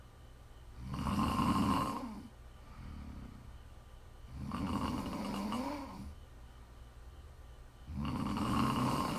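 Prime ASMR snoring from an adult woman asleep: loud, rumbling snores recurring about every three seconds, with quieter breathing between them.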